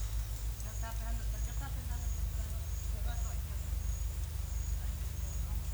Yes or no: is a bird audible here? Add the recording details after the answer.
no. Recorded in secondary vegetation near Puerto Asís, Putumayo, Colombia, on 22 December 2024 at 13:00. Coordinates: 0.499, -76.323. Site G010